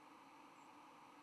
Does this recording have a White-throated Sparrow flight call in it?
no